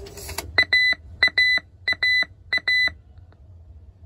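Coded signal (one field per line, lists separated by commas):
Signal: none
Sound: a payphone's card-return beeps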